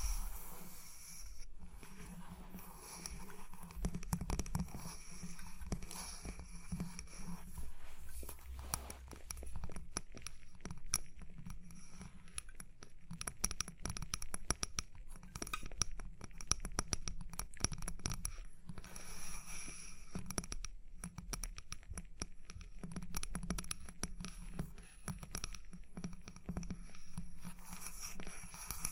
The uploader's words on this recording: Tapping and Scratching (No Talking).